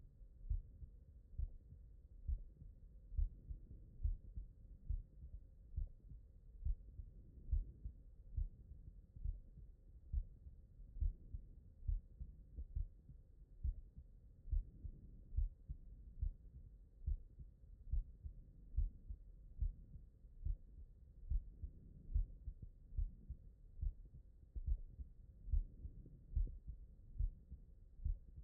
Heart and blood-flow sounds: heart sounds by stethoscope; pulmonary valve (PV)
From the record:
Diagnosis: non-HFrEF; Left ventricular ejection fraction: 69%

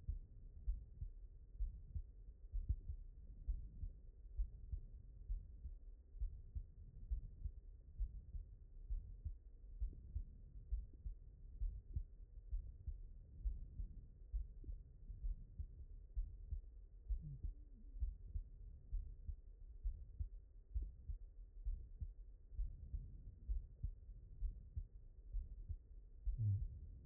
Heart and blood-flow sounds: heart sounds by stethoscope; mitral valve (MV)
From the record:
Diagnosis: non-HFrEF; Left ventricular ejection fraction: 65%

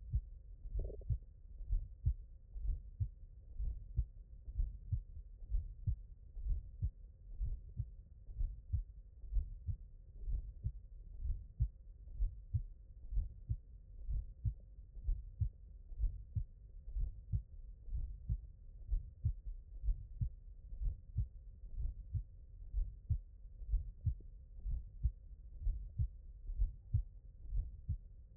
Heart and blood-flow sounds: heart sounds by stethoscope; mitral valve (MV)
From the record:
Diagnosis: non-HFrEF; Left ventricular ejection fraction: 58%

